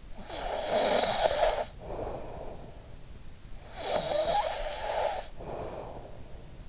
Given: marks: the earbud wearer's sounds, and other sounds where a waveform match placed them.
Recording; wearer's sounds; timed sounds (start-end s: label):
sounds in sleep by an in-ear microphone; snoring breath
0.00-2.91 s: snoring breath
3.54-6.40 s: snoring breath